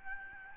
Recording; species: mosquito wingbeat signal from an infrared sensor; Aedes albopictus